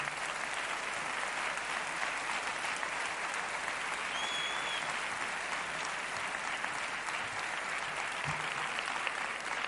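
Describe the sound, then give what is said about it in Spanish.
Steady audience applause for a firefighter invited to speak, a dense crackle of many hands clapping at an even loudness without letting up, with no one speaking over it. “Quería pedirle un aplauso y darle las gracias por su intervención.”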